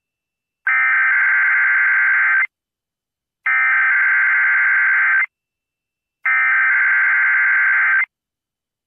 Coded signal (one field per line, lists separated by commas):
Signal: Emergency Alert System (SAME) tones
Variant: header bursts